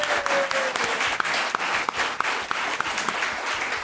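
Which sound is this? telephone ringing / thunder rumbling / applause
applause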